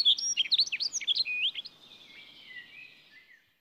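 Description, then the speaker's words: Rustic Bunting song: a quick, bright warble of ringing, rhythmic high notes lasting under two seconds, then a fading tail. Beautiful, rhythmically ringing warble, heard in spring. "Onnellinen se, joka näinä viikkoina vielä kuulee pohjansirkun kauniin, rytmikkäästi helkkyvän liveryksen."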